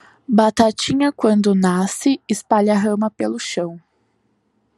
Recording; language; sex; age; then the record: short text; Brazilian Portuguese; female; 18 to 19 years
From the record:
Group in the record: control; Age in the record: 19 years